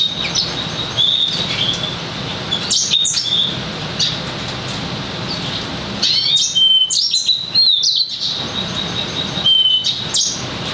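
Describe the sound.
Lemon-breasted canary singing high twittering phrases of rapid chirps and thin whistled notes, coming in short bursts with gaps between, against constant hissing noise.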